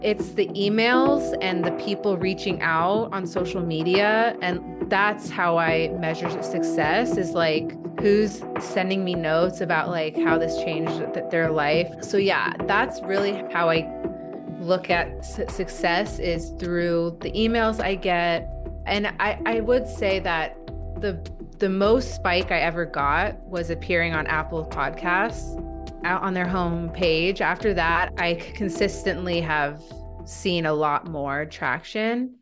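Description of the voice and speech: An adult woman who stutters talks at a steady conversational pace, broken by occasional disfluencies: repeated words ("I, I", "the, the, the"), a repeated initial k sound, and brief stretched sounds before words. Stuttering with sound prolongations, consonant repetitions and blocks, fairly mild here, in largely unedited interview speech.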